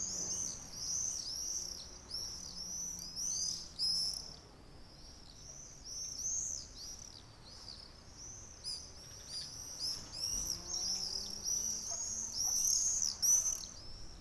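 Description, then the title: Swallows twittering steadily, many high overlapping chirps and warbles from a flock, over a faint hum and soft background noise. About twenty swallows flying fast low over houses in Ollo, Navarra, Spain, on a summer morning; birds said to stop twittering when recording starts. "Golondrinas En Ollo"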